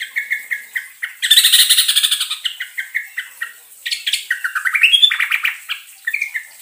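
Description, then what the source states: Yellow-vented Bulbul song: quick repeated chirps lead into a dense buzzy roll, followed by rising and falling warbled notes and more chirping. Song in the rapid 'ropelan' style with a long rolling trill ('ngerol panjang').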